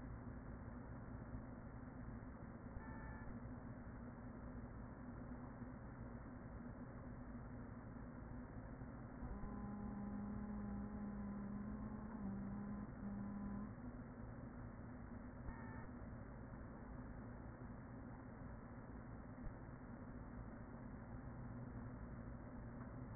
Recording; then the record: honeybee colony, microphone inside the hive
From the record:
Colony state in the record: queen present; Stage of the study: after two queens were removed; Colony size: about 40,000 bees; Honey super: no